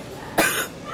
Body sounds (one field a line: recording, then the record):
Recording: coughing mixed with background sound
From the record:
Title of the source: 30 Chesty and wet cough